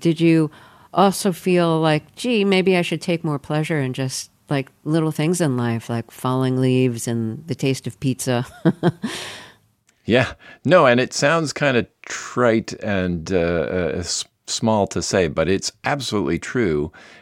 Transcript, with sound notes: Did you also feel like, gee, maybe I should take more pleasure in just, like, little things in life, like falling leaves and the taste of pizza? (Laughter).
Yeah. No, and it sounds kind of trite and small to say, but it's absolutely true